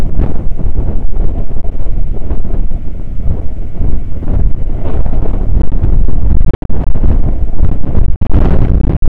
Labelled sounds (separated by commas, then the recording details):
wind
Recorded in the Prudhoe Bay oil fields, Alaska, on 9 August 2019 at 00:01
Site 29